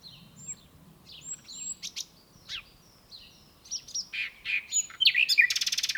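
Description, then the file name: Common nightingale song with thin whistles and scattered sharp notes, building into a loud, fast rattling trill at the end. "Luscinia megarhynchos"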